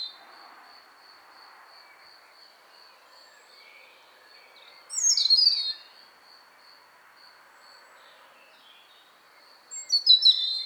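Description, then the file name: European robin song, with sparkling, fast, high twittering phrases about five seconds apart and a faint rhythmic high-pitched pulsing between them. "Erithacus rubecula"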